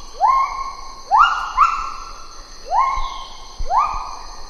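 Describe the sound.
Lar gibbon hooting calls, each note swooping sharply upward then holding, given in spaced bursts, with a constant high drone behind.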